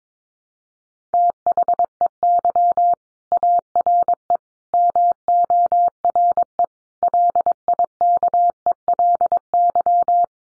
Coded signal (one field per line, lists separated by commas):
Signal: Morse code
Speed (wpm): 22 wpm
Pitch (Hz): 700 Hz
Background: none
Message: THEY ARE MORE LIKELY